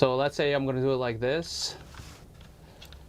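Someone talks briefly, then a magnetic connector block is held between two linked case fans in the wrong orientation, and only a few faint, brief ticks are heard near 2.4, 2.8 and 2.9 seconds. The block does not go in and is pushed back out by the magnets, so nothing has seated or clicked yet.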